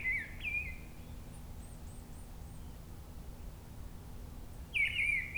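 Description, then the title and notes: Mistle Thrush song: a short fluted, slightly warbling phrase at the start and another near the end, separated by a long pause over a low rumbling background. Forest edge at Brison-Saint-Innocent, France; bird singing high at a treetop; Sunday; grey weather, 10°; frequent aircraft from a nearby airport. "Brison-Saint-Innocent, France - Grive draine. En lisière de la forêt une grive draine chante haut perchée à la cime d'un arbre, beaucoup de passages d'avions avec l'aéroport proche un dimanche , il y a quand même un moment plus calme pour l'entendre seule, le temps est gris 10°"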